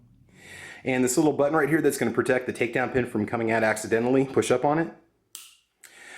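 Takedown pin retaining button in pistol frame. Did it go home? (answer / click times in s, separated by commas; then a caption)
yes / 5.4 s. Someone talks while the small retaining button on the pistol frame, which keeps the takedown pin from coming out accidentally, is pushed up into position. A sharp snap sounds at 5.4 s as the button seats, followed by a fainter tick at 5.9 s.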